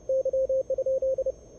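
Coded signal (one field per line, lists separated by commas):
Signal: Morse code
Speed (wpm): 30 wpm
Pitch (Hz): 520 Hz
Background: radio noise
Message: Y?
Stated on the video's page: Live Morse contest operating, search and pounce, in the 2019 CQ World Wide CW DX contest from a single-operator, single-radio station.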